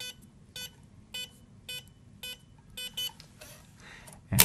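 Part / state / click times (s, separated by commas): safe lock bolt in lock body / released / 4.3 s, 4.4 s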